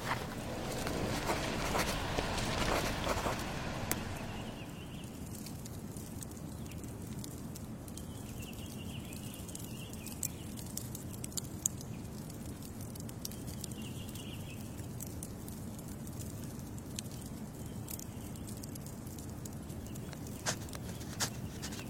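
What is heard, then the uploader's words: A wood fire hisses loudly for the first four seconds, then settles into a low steady roar with scattered crackles and faint high squeaks. The ice crystals are pure and the wood fire is squeaking.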